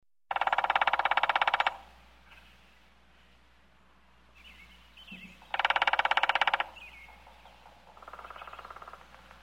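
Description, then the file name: Woodpecker drums in rapid even bursts: two strong rolls about five seconds apart and a weaker roll near the end, with faint bird calls between. Forest sounds. "Zvuki Lesa - dyatel"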